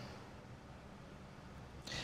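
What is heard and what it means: A DDR4 memory module is held and lined up over a DIMM slot on an HPE ProLiant DL380 Gen9 server motherboard before being pushed in. A steady low hum runs throughout, with a brief breathy hiss near the end at about 1.9 s. Nothing has seated or clicked yet.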